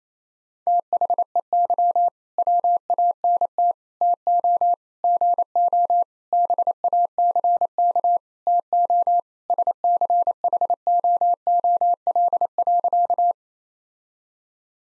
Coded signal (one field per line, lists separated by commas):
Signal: Morse code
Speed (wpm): 28 wpm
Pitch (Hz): 700 Hz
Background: none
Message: THEY WANT TO GO BACK TO SCHOOL.